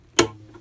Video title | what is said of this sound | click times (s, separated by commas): Draeger X-am 2500 Performing a Bump Test | you can hear it lock in like that. | 0.2 s